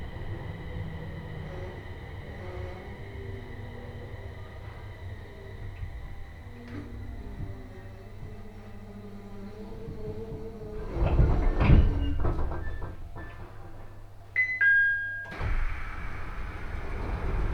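A train ride on the Tohoku Main Line between Koriyama and Fukushima, with a steady low rumble and faint whining tones throughout. Around eleven to twelve seconds the rumble swells with rattling clatter, and after fifteen seconds a brighter, louder hiss takes over.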